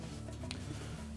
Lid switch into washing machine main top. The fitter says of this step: Keeping the wire harness towards the front, we'll hook it in and press down on the back of it till it snaps into place and